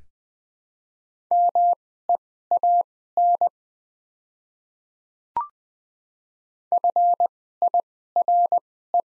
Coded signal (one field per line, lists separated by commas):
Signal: Morse code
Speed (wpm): 20 wpm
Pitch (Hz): 700 Hz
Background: none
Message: MEAN FIRE